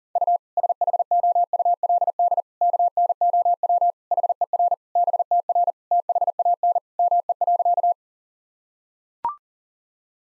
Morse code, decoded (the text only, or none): U SHOULD KNOW HER BTR THAN ME.